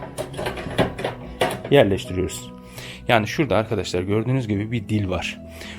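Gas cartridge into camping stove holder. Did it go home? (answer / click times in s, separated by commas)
no / none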